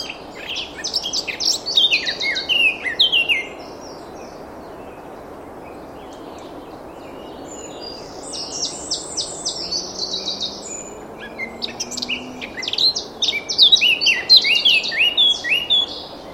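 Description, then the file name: Eurasian blackcap warble in three bursts of quick, varied twittering notes separated by quiet spells, the final burst the loudest. "Sylvia atricapilla"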